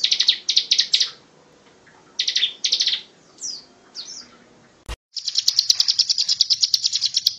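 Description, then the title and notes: Bar-winged prinia song: short bursts of high chirping notes, a pause, then a long rapid ringing trill of sharp repeated pulses to the end. Ciblek ngebren song, used as training material for White-rumped shama (murai batu). "Ciblek Ngebren Untuk Masteran Murai Batu. Suara burung ciblek"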